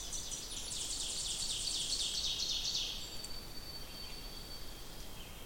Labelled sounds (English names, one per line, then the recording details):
Ovenbird song
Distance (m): 55 m
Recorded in boreal forest in Alberta, Canada, on 2 June 2016 at 08:07
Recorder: SongMeter 3, array SBT-3-7
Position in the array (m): 261 m, 13 m
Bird 10